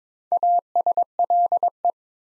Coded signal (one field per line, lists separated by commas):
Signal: Morse code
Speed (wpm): 22 wpm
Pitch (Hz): 700 Hz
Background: none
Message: ASLE